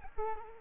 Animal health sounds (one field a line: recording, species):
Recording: mosquito wingbeat signal from an infrared sensor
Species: Culex quinquefasciatus